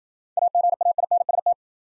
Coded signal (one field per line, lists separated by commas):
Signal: Morse code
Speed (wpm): 52 wpm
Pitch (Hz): 700 Hz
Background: none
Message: AGAINST